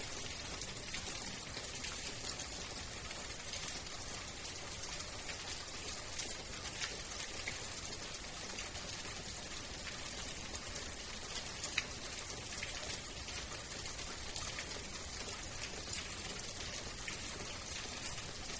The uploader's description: gentle rain and distant thunder